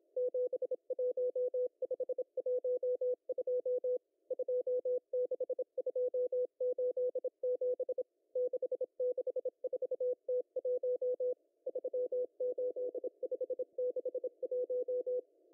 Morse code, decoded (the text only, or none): 71512 26287 664T1 38561